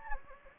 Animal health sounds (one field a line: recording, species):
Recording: mosquito wingbeat signal from an infrared sensor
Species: Anopheles gambiae